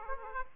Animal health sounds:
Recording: mosquito wingbeat signal from an infrared sensor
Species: Aedes aegypti

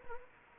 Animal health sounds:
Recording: mosquito wingbeat signal from an infrared sensor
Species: Anopheles arabiensis

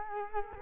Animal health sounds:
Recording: mosquito wingbeat signal from an infrared sensor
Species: Culex quinquefasciatus

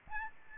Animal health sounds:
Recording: mosquito wingbeat signal from an infrared sensor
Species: Aedes albopictus

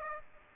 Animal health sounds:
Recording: mosquito wingbeat signal from an infrared sensor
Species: Aedes aegypti

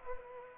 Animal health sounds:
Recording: mosquito wingbeat signal from an infrared sensor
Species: Culex pipiens

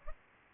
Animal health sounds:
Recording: mosquito wingbeat signal from an infrared sensor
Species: Culex pipiens

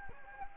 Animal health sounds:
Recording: mosquito wingbeat signal from an infrared sensor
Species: Anopheles gambiae

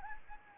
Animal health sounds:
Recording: mosquito wingbeat signal from an infrared sensor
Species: Anopheles gambiae

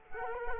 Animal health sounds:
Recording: mosquito wingbeat signal from an infrared sensor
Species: Culex quinquefasciatus

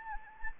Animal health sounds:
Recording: mosquito wingbeat signal from an infrared sensor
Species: Anopheles gambiae

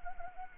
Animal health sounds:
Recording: mosquito wingbeat signal from an infrared sensor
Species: Anopheles arabiensis

